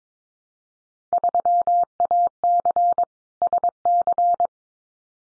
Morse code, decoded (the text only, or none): 3AC SC